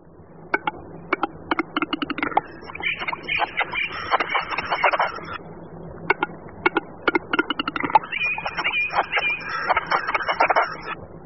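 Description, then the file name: Western capercaillie song: accelerating series of dry clicks building into a rapid, dense grinding rush, the whole sequence heard twice. "Tetřev-hlušec"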